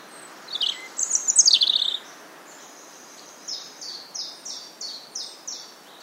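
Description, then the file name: European robin song, a bright high tumbling phrase followed by a series of soft high sliding notes repeated quickly. "Erithacus rubecula"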